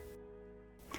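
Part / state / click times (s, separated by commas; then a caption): protective cover onto an infusion set applicator / seated / 0.9 s. A plastic protective cover is pushed onto a used insulin pump infusion set applicator (YpsoPump Inset) to shield the needle. A steady low background hum and tonal drone fill the clip. At 0.9 s a short, sharp click sounds as the cover snaps into place.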